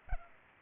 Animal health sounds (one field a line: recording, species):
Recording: mosquito wingbeat signal from an infrared sensor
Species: Culex pipiens